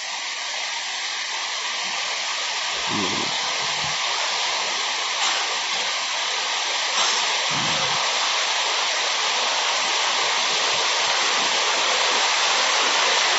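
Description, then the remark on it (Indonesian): Steady rain hisses without a break, a dense wash of noise with a couple of soft low thumps partway through. No one speaks. “Kemudian ada suara hujan ini.”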